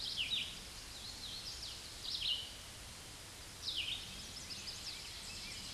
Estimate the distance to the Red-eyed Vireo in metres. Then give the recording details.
about 20 m. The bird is about 10 m above the microphone. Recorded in a Pennsylvania forest on 16 May 2024 at 07:16. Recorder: AudioMoth, point MSD-2201. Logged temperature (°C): 15.5 °C. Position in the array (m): 165 m, 70 m